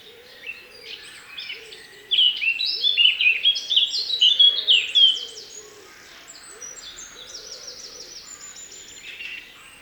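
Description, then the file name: Eurasian blackcap song: a rapid, varied warble of high chattering and fluty notes lasting about three seconds. "Sylvia atricapilla"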